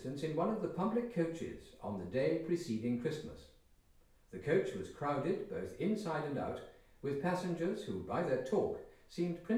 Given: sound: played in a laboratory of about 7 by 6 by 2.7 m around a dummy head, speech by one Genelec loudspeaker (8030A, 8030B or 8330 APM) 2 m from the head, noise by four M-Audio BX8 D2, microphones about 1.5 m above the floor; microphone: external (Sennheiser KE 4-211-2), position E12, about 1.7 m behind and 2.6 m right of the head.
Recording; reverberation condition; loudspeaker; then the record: male speech in English; medium; 60 degrees to the left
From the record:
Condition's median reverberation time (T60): about 510 ms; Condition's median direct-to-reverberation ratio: about -0.5 dB